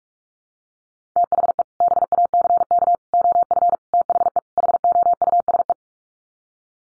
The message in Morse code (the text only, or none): THE BACK OF THE HOUSE